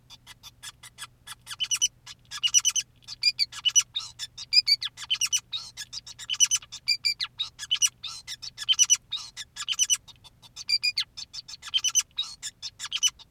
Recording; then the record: song of a male Bengalese finch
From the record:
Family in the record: son of father 2, and himself father 5